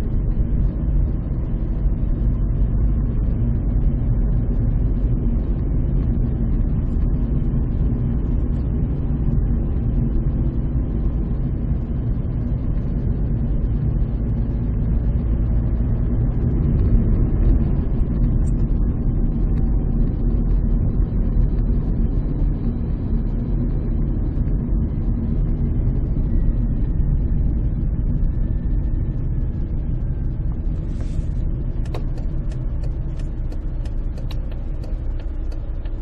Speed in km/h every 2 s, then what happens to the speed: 24, 27, 30, 29, 28, 26, 26, 26, 32, 31, 29, 28, 27, 19, 16, 13, 11, 6.
0-4 speeds up to 30. 4-14 steady at about 26. 14-17 speeds up to 32. 17-36 slows to 6.